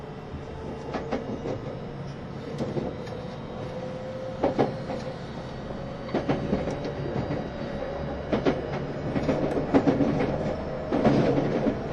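Onboard an E351 Super Azusa express train running between Hachioji and Shinjuku, a steady low rumble fills the car. A faint whine holds underneath, while sharp clicks and clacks from the rails arrive irregularly, clustering around four, six, eight and eleven seconds.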